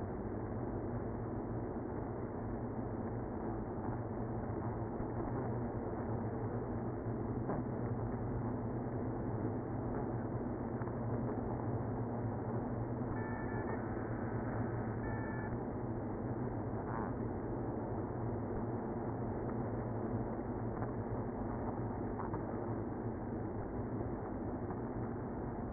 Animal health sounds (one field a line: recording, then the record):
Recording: honeybee colony, microphone inside the hive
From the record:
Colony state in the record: queenless (queen removed)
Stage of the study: after two queens were removed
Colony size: about 60,000 bees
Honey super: yes